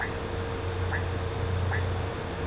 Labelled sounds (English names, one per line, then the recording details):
none
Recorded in pastures near Puerto Asís, Putumayo, Colombia, on 13 March 2025 at 17:00
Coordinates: 0.466, -76.322
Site CSA-02